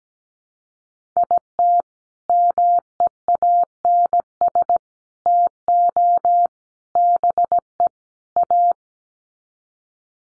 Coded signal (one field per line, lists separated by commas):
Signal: Morse code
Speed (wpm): 17 wpm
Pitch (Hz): 700 Hz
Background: none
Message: IT MEANS TO BE A